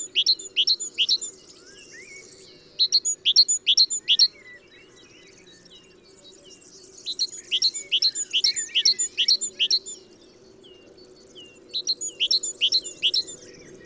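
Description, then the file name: Great tit song, several bursts of rapid high double notes separated by pauses. "Parus major"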